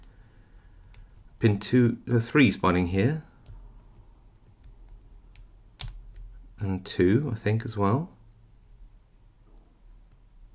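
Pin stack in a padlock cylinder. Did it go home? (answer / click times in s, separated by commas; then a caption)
no / none. A hook pick works the pin stacks of a vintage 60mm thick-shackle Corbin padlock cylinder under tension, lifting pin 2. Someone talks in two bursts while faint ticks sound between them, with one sharp tick near 5.8 s. Nothing has set yet: pin 2 has not clicked into place by the end of the clip.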